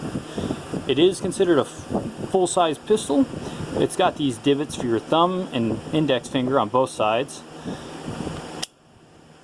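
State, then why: Released. Someone talks over a steady background hum, then presses the magazine release on a polymer Taurus G3 9mm full-size pistol, which has thumb and index-finger divots on both sides. A single sharp, nice and audible click sounds at 8.6 s as the magazine releases from the pistol grip, followed by near silence.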